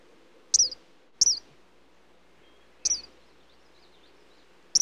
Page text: Eastern Kingbird Calls. Quick Sounds